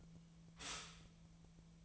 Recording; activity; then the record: daily activity, microphone in the room; stop toaster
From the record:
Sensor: 1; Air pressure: 1009.3 hPa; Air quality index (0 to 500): 196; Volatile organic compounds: 20 ppm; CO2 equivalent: 2676 ppm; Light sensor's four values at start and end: 21/54/22/26 and 23/60/24/29